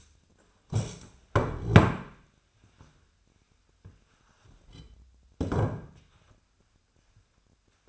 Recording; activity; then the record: daily activity, microphone in the room; stand up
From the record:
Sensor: 2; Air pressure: 1007.7 hPa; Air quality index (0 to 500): 178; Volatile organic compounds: 9 ppm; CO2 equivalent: 2186 ppm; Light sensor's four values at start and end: 10/23/9/10 and 10/23/10/10